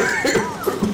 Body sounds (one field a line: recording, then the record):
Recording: coughing mixed with background sound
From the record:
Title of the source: Mid-morning Winter Coughing Fit